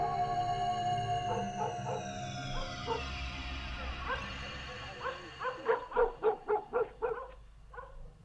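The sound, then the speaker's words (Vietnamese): A dog next door barks repeatedly and fiercely, building to a fast, insistent run of sharp barks while a wailing siren sweeps downward in the background. “Cùng lúc đó, tiếng chó sủa ở nhà bên vang lên dữ dội.”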